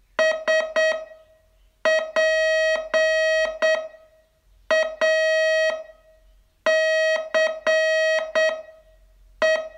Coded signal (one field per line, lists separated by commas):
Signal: Morse code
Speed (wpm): 8 wpm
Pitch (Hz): 640 Hz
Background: none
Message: SPACE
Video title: Learn Morse in 42 Days from VU2LAU - day 27 tse